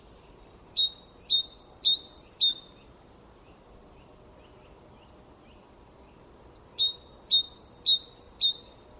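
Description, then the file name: Great tit song of bright two-note pairs, each falling in pitch, four in a row, a gap with soft calls, then another run of four. "Parus major"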